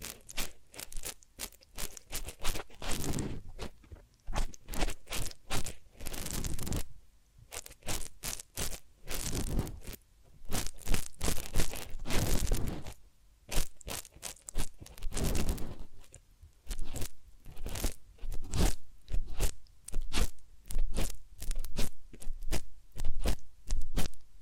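Ear cleaning and massage sounds: bursts of crisp crunching and scraping, like rubbing against a microphone, come in quick rhythmic clusters. Short quiet gaps break the pattern around 4, 8, 10 and 16 seconds, then the rapid strokes resume and continue steadily to the end.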